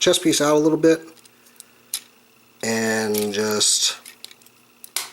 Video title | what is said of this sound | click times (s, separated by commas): Masterpiece Prowl Review | snap it in. A nice satisfying click there. | 5.0 s